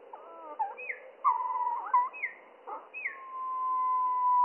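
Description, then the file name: Slowed spotted flycatcher song: short wavering and swooping whistles in quick succession, ending on a long steady whistled tone. Slowed down three octaves, mono. "GOBE MOUCHE GRIS MOINS TROIS OCTAVES MONO"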